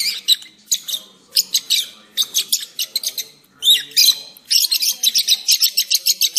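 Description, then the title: Oriental magpie-robin song in harsh, chattering bursts with scratchy high notes, separated by brief pauses, ending in a rapid run of clipped phrases. "Kicau Kacer"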